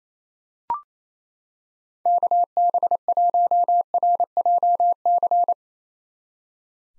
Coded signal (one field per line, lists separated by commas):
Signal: Morse code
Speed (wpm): 28 wpm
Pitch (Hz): 700 Hz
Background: none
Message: KB1RJC